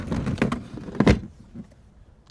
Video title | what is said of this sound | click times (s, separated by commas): TUTO UTILISATION DU CHAUSSON C727 (version courte) | elle est bien verrouillée il y a pas de problème la | 0.4 s, 1.1 s